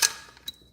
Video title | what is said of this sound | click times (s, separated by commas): Review of Arrowmax Drill and Engraver kits live! AM-230876 and AM-199214-B | Again, just snaps into place. Boom, boom, boom. | 0.0 s, 0.4 s, 0.5 s